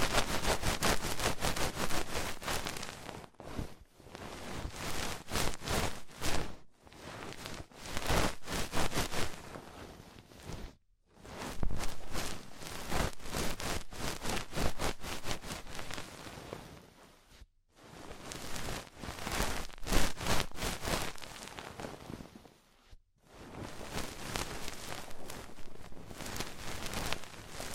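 Ear cleaning with rhinestone and clay removal: dense, crackly scratching and crinkling fills each stretch, bright and textured, like rain on a surface. The sound comes in bursts separated by brief silences around 3, 7, 11, 17 and 23 seconds.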